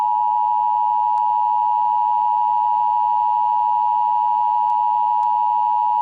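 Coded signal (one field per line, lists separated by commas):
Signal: Emergency Alert System (SAME) tones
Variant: 853 and 960 Hz attention tone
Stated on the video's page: Fictional EAS scenario.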